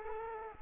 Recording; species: mosquito wingbeat signal from an infrared sensor; Culex quinquefasciatus